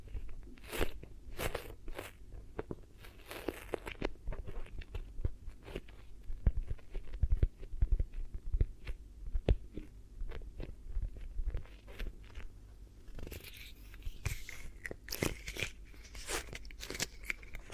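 ASMR triggers: a steady stream of crunchy, crackling taps and clicks, some sharp and spaced, others clustered in quick bursts. A low murmur runs underneath the whole time. From about 13 seconds the sound turns brighter and denser, like scratchy rustling.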